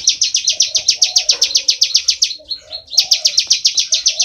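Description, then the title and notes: Bar-winged prinia giving rapid, high, sharp chirps about four per second, with a short break midway, over faint lower warbling notes in the background. Continuous calling style called ngebren, used as tutor audio (masteran) for training white-rumped shamas (murai batu). "Ciblek Ngebren Untuk Masteran Murai Batu. Suara burung ciblek - Suara Nada"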